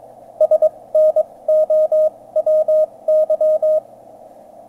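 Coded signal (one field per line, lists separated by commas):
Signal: Morse code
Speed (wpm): 22 wpm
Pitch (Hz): 620 Hz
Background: none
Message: SNOWY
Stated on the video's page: 17m QSO from an ATS 4b running 3 watts output to an indoor dipole, 599 both ways.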